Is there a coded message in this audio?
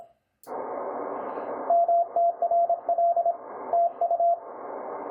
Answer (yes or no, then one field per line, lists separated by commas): yes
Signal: Morse code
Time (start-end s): 1.7-4.3 s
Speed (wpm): 26 wpm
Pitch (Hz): 680 Hz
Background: radio noise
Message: MTRL TU